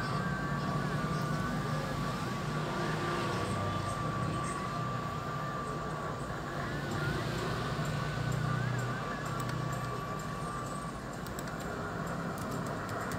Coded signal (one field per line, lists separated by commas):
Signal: FT8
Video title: QSO MODE DIGITAL FT8 with HR5/F2JD from HONDURAS , 40 METER , Please SUBSCRIBE , LIKE and Share